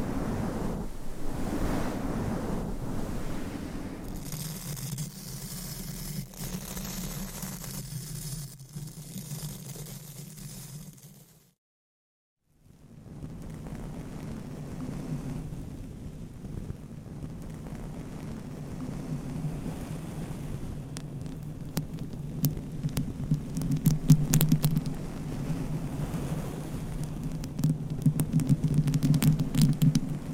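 Mic scratching and brushing make a dense, rustling texture over a low steady hum, breaking off into silence near twelve seconds before resuming with sharper taps.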